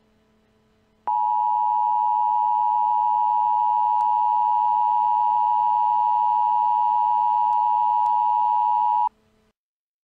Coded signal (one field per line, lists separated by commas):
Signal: Emergency Alert System (SAME) tones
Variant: 853 and 960 Hz attention tone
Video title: EAS Scenario: The Eruption of Mount St. Helens 2018